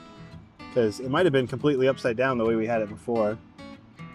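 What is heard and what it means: An ignition lock cylinder is being refitted into the ignition switch housing of a classic GTO, since it may have been completely upside down the way it was fitted before. Someone talks over music with plucked guitar. Nothing has seated or clicked yet.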